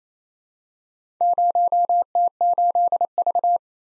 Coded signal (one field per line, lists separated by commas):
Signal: Morse code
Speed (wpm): 27 wpm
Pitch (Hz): 700 Hz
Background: none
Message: 0T8V